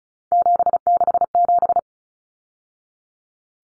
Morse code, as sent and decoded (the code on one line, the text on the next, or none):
--... -.... --...
767